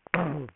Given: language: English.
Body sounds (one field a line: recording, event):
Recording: throat vibration sensor signal played as sound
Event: throat clearing